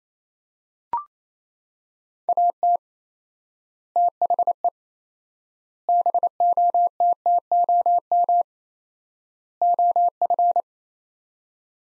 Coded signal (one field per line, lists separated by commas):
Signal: Morse code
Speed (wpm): 28 wpm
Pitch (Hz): 700 Hz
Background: none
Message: AT THE BOTTOM OF